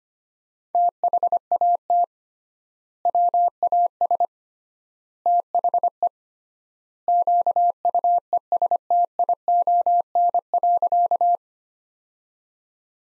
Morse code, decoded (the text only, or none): THAT WAS THE QUESTION.